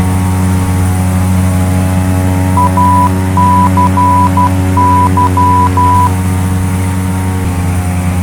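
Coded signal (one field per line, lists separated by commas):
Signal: Morse code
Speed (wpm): 12 wpm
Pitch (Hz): 990 Hz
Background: none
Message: ACY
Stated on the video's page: Morse heard inside Flight Simulator X while flying a Carenado C208B add-on aircraft.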